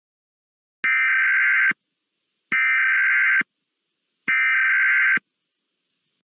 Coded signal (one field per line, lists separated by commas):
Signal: Emergency Alert System (SAME) tones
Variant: header bursts